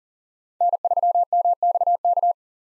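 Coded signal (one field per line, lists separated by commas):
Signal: Morse code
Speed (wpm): 37 wpm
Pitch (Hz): 700 Hz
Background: none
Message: N3MXK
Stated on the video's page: Farnsworth-timed Morse practice of 5-character USA call signs at 40 wpm with 3x character spacing, for head-copy drill.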